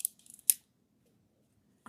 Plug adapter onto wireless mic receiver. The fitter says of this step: you'll hear it kind of Click into place